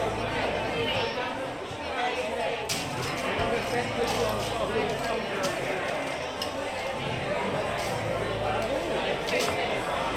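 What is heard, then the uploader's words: Steady, dense crowd chatter fills Oga's Cantina, many overlapping voices with no single speaker standing out. The level stays even throughout, with a low hum underneath and brief bright clinks or clatters near three, five and nine seconds. Oga's Cantina (Disneyland) Binaural Ambience. Oga's Cantina, in Star Wars Galaxy's Edge.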